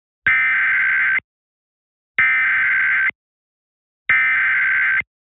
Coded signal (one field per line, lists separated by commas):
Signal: Emergency Alert System (SAME) tones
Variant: header bursts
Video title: EAS Mock (Requested): "Did they predict this to happen or something?" [Civil Emergency Message]